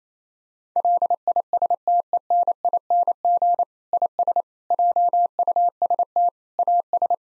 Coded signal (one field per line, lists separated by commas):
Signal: Morse code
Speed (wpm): 28 wpm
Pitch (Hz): 700 Hz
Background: none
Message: LISTENING IS JUST AS